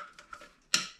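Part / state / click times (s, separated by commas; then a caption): wire harness connector into engine ECU / seated / 0.7 s. A wire harness connector is pushed into the engine ECU socket, facing down, during a Toyota 3.4 engine swap. Two faint light ticks come first, then a sharp, loud click at 0.7 s as the connector seats, followed by a short fading ring.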